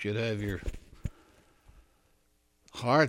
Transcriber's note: he thumps his chest